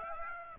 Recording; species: mosquito wingbeat signal from an infrared sensor; Aedes aegypti